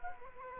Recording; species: mosquito wingbeat signal from an infrared sensor; Culex quinquefasciatus